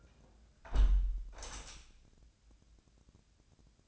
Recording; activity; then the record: daily activity, microphone in the room; close window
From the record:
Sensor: 2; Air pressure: 1012.1 hPa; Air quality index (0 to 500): 103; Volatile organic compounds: 1 ppm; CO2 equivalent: 777 ppm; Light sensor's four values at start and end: 111/266/110/109 and 112/267/110/110